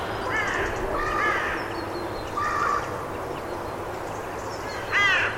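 Bird giving a few scattered harsh calls, two early, one midway and a final louder one, over steady low background noise.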